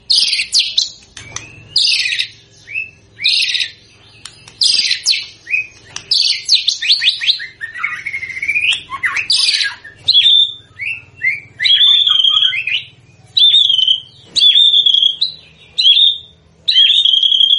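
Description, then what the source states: White-rumped shama, loud, bright whistled bursts separated by short silences, then clear, repeated sharp whistles at an even high pitch near the end. White-rumped shama described as gacor, singing continuously and vigorously; meant to provoke a response from shamas.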